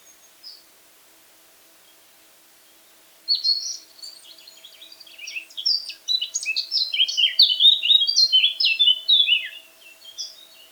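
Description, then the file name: Eurasian blackcap song: after a single early note, a long phrase of jumbled warbling begins and swells into a loud flourish. "Sylvia atricapilla"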